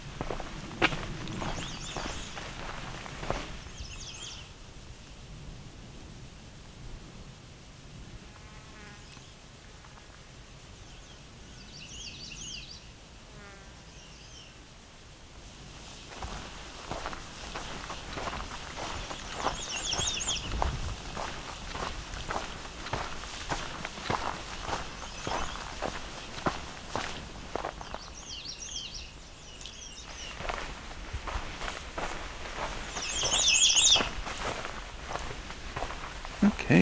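Birds sing in slow, unhurried phrases at Bruce Peninsula National Park, with soft scuffing footsteps and crunches coming and going underneath.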